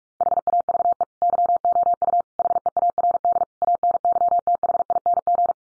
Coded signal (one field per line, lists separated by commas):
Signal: Morse code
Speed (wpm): 44 wpm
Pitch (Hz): 700 Hz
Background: none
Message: HAVE YOU HEARD ANYTHING